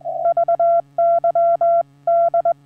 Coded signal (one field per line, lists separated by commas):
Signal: Morse code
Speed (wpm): 20 wpm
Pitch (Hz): 680 Hz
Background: none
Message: VYD